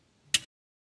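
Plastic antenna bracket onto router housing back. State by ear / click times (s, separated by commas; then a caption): seated / 0.3 s. A plastic antenna bracket from a FriXtender X3si external antenna set is pressed against the back of a FRITZ!Box 7530 / 5530 router housing, with its small lugs meant to sit in the gap between the red ventilation grille and the white housing. After a faint low rumble, a sharp, bright click sounds at 0.3 s and fades within about a tenth of a second, followed by silence. The bracket snaps into place and is seated.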